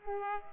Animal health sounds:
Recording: mosquito wingbeat signal from an infrared sensor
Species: Culex pipiens

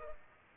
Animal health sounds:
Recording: mosquito wingbeat signal from an infrared sensor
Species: Culex pipiens

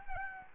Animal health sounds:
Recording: mosquito wingbeat signal from an infrared sensor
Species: Anopheles gambiae

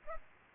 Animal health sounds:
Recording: mosquito wingbeat signal from an infrared sensor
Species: Culex pipiens

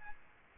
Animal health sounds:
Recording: mosquito wingbeat signal from an infrared sensor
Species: Aedes albopictus

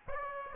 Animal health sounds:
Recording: mosquito wingbeat signal from an infrared sensor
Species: Aedes aegypti

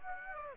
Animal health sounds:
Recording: mosquito wingbeat signal from an infrared sensor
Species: Aedes aegypti

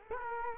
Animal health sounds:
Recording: mosquito wingbeat signal from an infrared sensor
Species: Culex quinquefasciatus

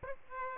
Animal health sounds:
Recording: mosquito wingbeat signal from an infrared sensor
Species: Aedes aegypti

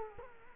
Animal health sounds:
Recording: mosquito wingbeat signal from an infrared sensor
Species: Culex quinquefasciatus

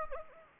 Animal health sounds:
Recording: mosquito wingbeat signal from an infrared sensor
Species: Anopheles gambiae

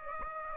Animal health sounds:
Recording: mosquito wingbeat signal from an infrared sensor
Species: Aedes aegypti

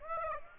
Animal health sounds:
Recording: mosquito wingbeat signal from an infrared sensor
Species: Aedes aegypti

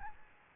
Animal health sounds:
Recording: mosquito wingbeat signal from an infrared sensor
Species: Aedes albopictus

